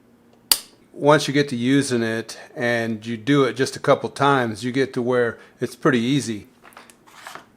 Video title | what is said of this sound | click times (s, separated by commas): How to Thread the Juki DNU-1541, Lubrication, Loading a Bobbin and Adjusting Bobbin Loader | then you'll need to push it and tell this this outside finger clicks in if you just push on it you can hear it click once you | 0.5 s